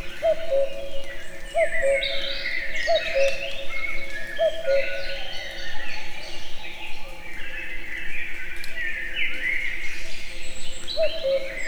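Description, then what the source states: Common cuckoo gives four quick two-note cu-coo calls, falls silent for several seconds, then calls once more, while other birds keep singing throughout. Recorded in nature; cuckoo heard both far and near.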